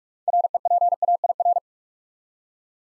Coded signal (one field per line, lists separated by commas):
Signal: Morse code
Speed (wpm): 44 wpm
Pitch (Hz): 700 Hz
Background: none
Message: REPAIR